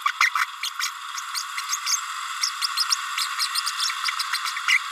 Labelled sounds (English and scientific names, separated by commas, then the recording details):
Green-rumped Parrotlet (Forpus passerinus) babbling
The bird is a male
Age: 31 days
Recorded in a nest box in Venezuela
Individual 17B32A6